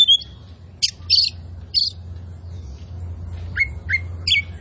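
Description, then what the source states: Oriental magpie-robin song in short bursts of harsh chirps and bright whistled notes separated by brief pauses, with a low hum underneath. Kacer poci form, singing vigorously ('gacor').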